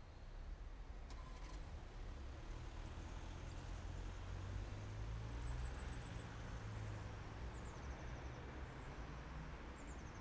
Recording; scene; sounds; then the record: everyday scene through a hearing-aid microphone; in traffic; traffic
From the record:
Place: main city hub, rush hour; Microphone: behind the ear, right, front